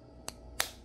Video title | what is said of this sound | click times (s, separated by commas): Kia Sorento 2018, Car key / FOB battery replacement in 3 minutes. | just push it down you will hear a pop sound | 0.3 s, 0.6 s